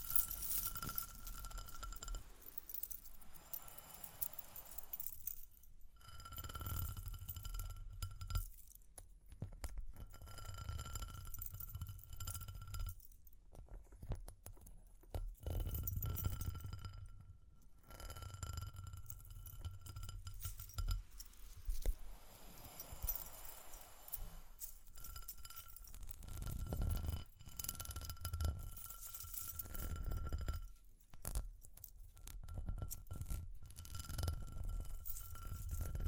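Tapping, scratching and ear-cleaning sounds mixed with light jingling and glassy clinks. Bursts of rustling scratches come and go every few seconds, with soft low thumps underneath and brief quiet gaps between. A faint steady tone hums through parts of the recording.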